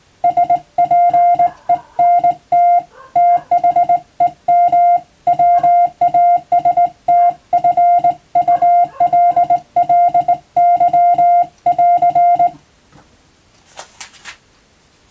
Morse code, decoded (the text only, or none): SPENT THEM WASTFULLY<AR>